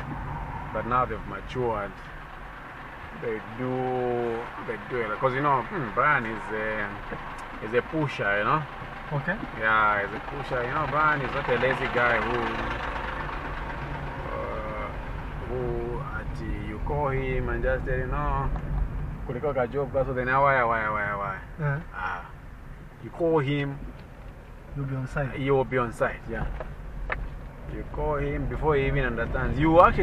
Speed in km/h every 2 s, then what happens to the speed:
16, 4, 0, 0, 0, 0, 9, 14, 16, 17, 17, 10, 10, 9, 14.
0-3 brakes to 0. 3-10 standing. 10-15 pulls away to 16. 15-20 steady at about 17. 20-22 brakes to 10.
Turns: none.